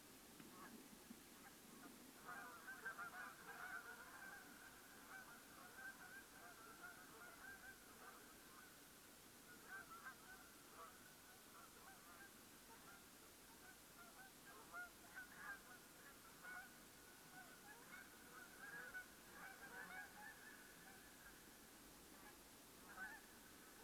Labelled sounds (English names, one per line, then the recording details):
Canada Goose
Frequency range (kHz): Canada Goose 0.4-4.0 kHz
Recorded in France